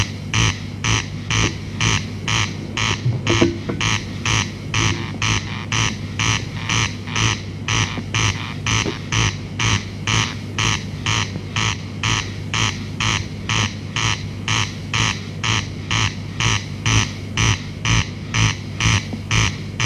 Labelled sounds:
Corn Crake song

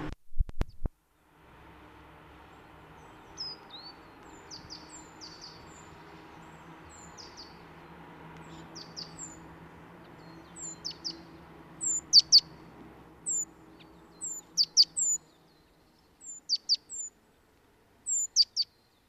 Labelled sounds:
Great Tit song

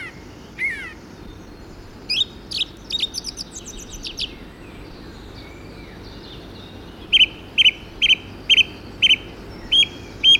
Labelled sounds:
Song Thrush song

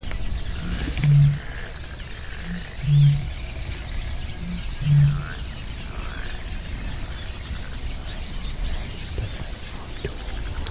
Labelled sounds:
Great Bittern

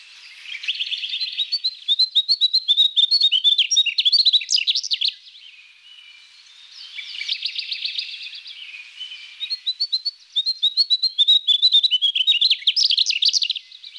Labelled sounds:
Mugimaki Flycatcher song

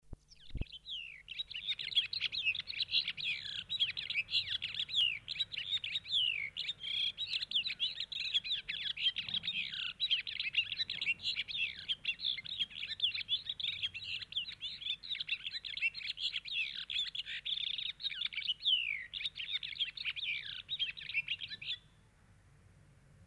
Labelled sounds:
European Serin song

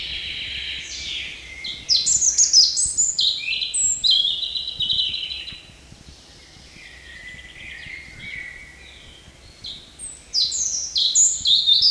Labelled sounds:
European Robin song

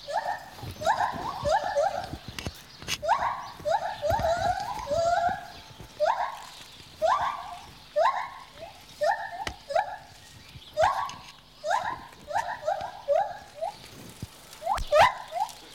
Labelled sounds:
Lar Gibbon

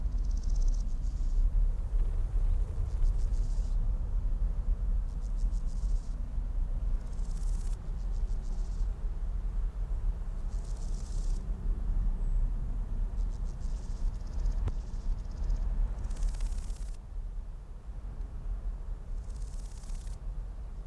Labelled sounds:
Large Gold Grasshopper stridulation

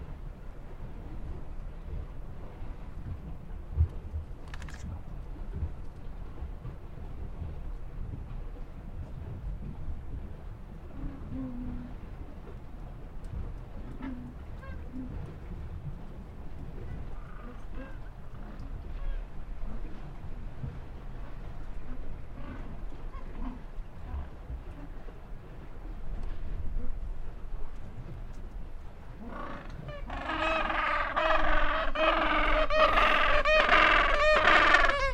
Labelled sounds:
Gentoo Penguin call

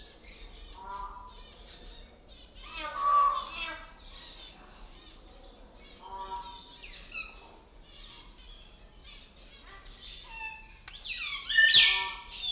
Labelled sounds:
Bali Myna

